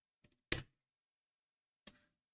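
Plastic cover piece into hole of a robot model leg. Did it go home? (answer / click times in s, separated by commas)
yes / 0.5 s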